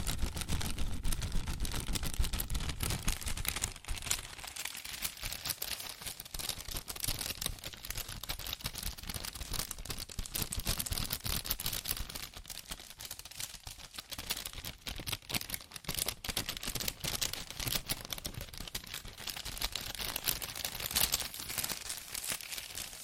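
Fast tapping, scratching and tracing on cardboard and paper runs without a break for the whole stretch, a dense rush of crisp clicks and rough scrapes. The sound stays bright and busy, with a heavier thumping low end in the first few seconds.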